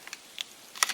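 A metal cam buckle on the tree tether strap of a CRUZR XC tree saddle is pushed down to loosen the strap. Two faint light ticks come first, then sharp metallic clicks at 0.4 s and 0.8 s as the cam lets go, with the second click the loudest. The buckle is released and the strap is loosened.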